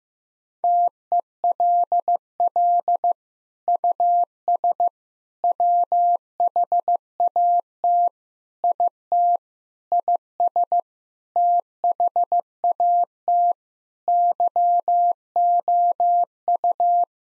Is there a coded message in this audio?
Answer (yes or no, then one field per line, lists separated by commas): yes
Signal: Morse code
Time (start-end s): 0.6-17.0 s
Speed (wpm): 16 wpm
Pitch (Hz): 700 Hz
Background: none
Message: TELL US WHAT IT IS THAT YOU